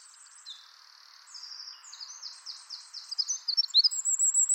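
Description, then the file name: Eurasian wren song of high, rapid trills and buzzy phrases that grow louder toward the end, over a steady soft background hiss. "Troglodytes troglodytes"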